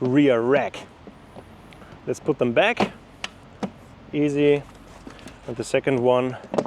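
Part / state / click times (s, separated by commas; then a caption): accessory piece onto a cargo bike rear rack rail / seated / 3.2 s. Someone talks while the first accessory piece is put back onto the rear rack rail of a Cube Long Tail Sport Hybrid cargo bike. A sharp click at 3.2 s shows it seating on the rack, followed by more talk.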